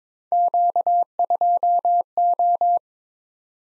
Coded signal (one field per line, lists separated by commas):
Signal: Morse code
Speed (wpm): 22 wpm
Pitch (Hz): 700 Hz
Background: none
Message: Q2O